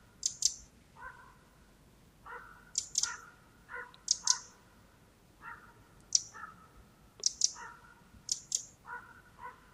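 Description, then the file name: Eurasian wren giving sharp, very high ticking calls, often doubled, alternating with lower husky notes over a soft background hiss. "Troglodytes troglodytes"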